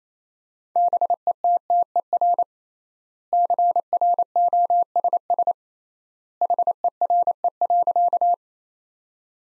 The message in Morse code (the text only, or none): BETTER CROSS HERE.